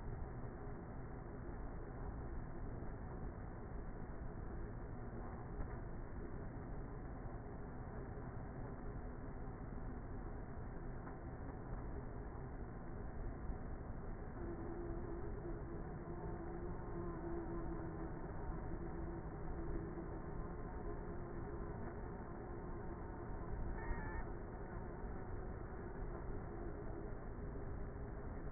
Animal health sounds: honeybee colony, microphone inside the hive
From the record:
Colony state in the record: queenless with a low population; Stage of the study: before two queens were removed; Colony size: about 30,000 bees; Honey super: no

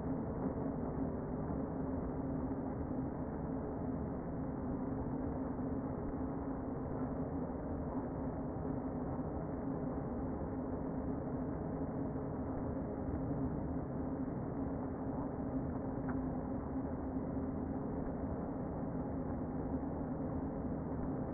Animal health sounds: honeybee colony, microphone inside the hive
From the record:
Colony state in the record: queen present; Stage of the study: before two queens were removed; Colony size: about 60,000 bees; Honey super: yes

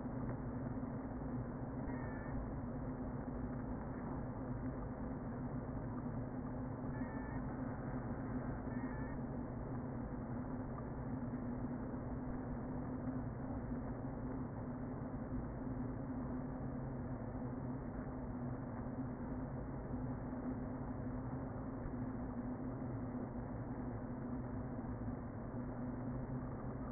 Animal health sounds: honeybee colony, microphone inside the hive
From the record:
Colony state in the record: queen present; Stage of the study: before two queens were removed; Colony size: about 60,000 bees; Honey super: yes

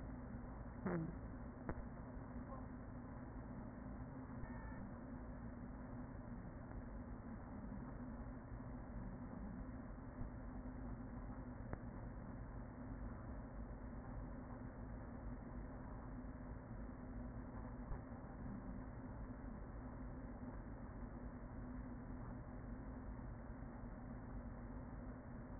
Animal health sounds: honeybee colony, microphone inside the hive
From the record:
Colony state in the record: queen present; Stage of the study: after two queens were removed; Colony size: about 40,000 bees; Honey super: no

